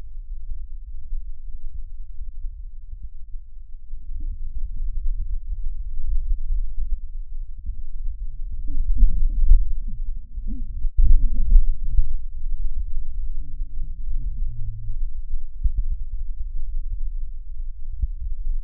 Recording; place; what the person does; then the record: lung sounds by stethoscope; left anterior apical chest; quiet breathing, then cough and speech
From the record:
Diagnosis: interstitial lung disease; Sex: male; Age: 75 years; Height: 167 cm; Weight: 68 kg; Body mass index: 24.4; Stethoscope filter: bell mode